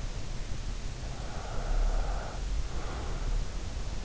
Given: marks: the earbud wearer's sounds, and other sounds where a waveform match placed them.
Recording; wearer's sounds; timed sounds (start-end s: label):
sounds in sleep by an in-ear microphone; breath
0.99-3.51 s: breath